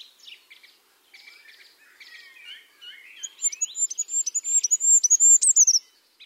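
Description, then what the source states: Goldcrest singing a very high, thin run of fast repeated notes ending in a brief flourish, after softer, lower notes at the start. Normal song.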